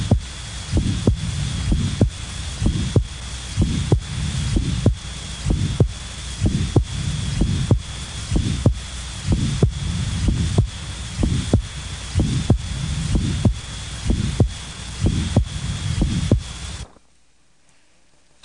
Aortic prosthetic valve sound and murmur. All prosthetic valves in the aortic and mitral positions are associated with a soft, early systolic or mid-systolic ejection murmur. This murmur is heard best over the tricuspid, mitral, and aortic areas and sounds similar to the mild aortic stenosis murmur. Murmur associated with an aortic prosthetic valve sounds like this.